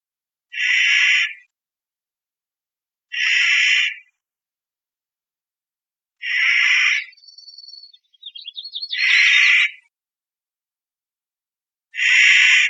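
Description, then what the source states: Clark's nutcracker giving loud, grating, nasal calls about every three seconds, with a thinner rattling, stuttered call between two of them; no other sounds. Recorded 5 July 2002.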